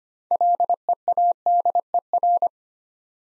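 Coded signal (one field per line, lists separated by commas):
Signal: Morse code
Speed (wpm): 25 wpm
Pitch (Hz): 700 Hz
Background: none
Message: LEADER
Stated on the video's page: Morse practice set at 25 wpm building six-letter words three letters at a time for instant character recognition.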